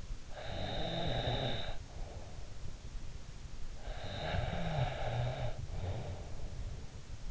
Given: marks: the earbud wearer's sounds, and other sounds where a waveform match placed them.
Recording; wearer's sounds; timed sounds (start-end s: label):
sounds in sleep by an in-ear microphone; snoring breath
0.00-2.37 s: snoring breath
3.40-6.66 s: snoring breath